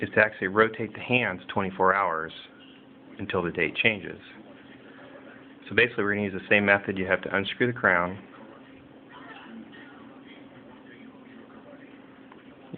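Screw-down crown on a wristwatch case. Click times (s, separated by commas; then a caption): 12.3 s. Someone talks while the screw-down crown on the case of a Tag Heuer 2000 Series quartz chronograph wristwatch (Dubois Depraz Calibre 185) is unscrewed again. At 12.3 s a faint, short snap is heard as the crown releases and comes free.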